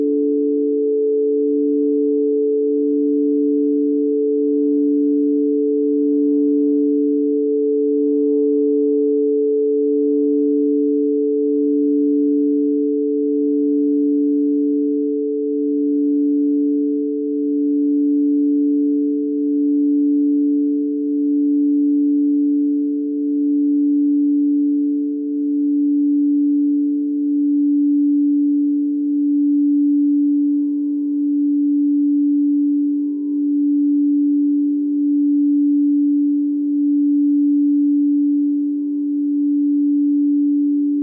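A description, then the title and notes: A singing bowl hums a steady, pure low-mid tone with a gentle slow pulsing beat, sustained evenly for the whole forty seconds. Soundscape Singing Bowl.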